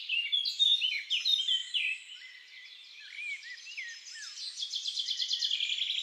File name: Pinson des arbres Chants doiseaux des bois et des forets